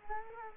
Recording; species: mosquito wingbeat signal from an infrared sensor; Culex quinquefasciatus